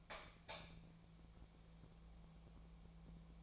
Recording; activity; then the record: daily activity, microphone in the room; light on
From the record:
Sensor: 1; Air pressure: 1000.0 hPa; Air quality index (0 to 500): 132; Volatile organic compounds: 2 ppm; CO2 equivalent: 1244 ppm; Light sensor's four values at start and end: 32/81/34/41 and 36/97/39/47